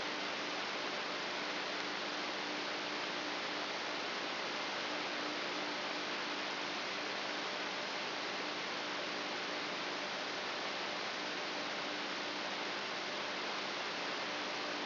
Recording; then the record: brain microelectrode recording played as sound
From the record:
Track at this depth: inside the subthalamic nucleus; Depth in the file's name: 6.416 mm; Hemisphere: left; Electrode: 3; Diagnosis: Parkinson's disease